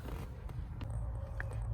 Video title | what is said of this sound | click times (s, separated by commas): How to change accessory belt and pulleys on a Porsche Boxster | And you'll know you're there once you hear the click. | 1.4 s